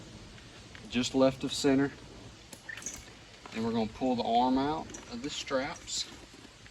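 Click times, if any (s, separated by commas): none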